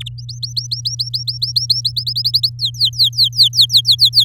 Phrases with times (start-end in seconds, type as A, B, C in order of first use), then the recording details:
0.00-0.09 A, 0.18-1.92 B, 1.96-2.50 C, 2.59-4.24 D. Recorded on 7 May 2018 at 14:05. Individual llb16